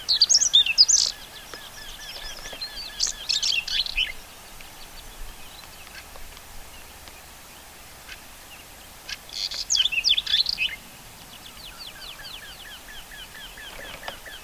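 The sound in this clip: Whinchat song: short, scratchy, varied phrases of high chattering and whistled notes, given in three bursts separated by a short and a longer pause, with fainter notes between.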